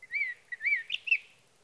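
Sage thrasher song: a short sequence of sweet, slurred warbled notes, some upswept, others dropping, in quick succession.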